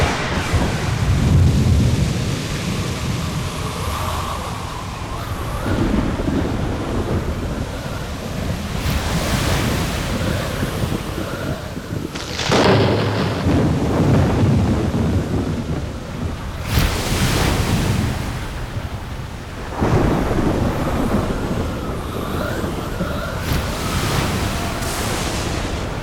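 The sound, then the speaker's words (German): A heavy storm roars steadily with dense rain and crashing surf, broken by several sudden bright thunderclaps and rumbles, with gusty wind buffeting throughout and no voices. “Ein Blitzstrahl gab das Signal. Die fahle Öffnung im Zenit schloss sich Ein Wolkenbruch stürzte herab, alles wurde dunkel.”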